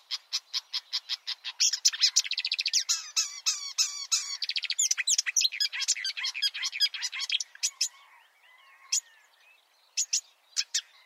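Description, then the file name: Marsh warbler singing a hurried, varied medley: a run of repeated clicking notes, then dense scratchy chatter and trills, fading into sparse chips near the end. "suara-kicauan-burung-marsh-warbler -omkicau"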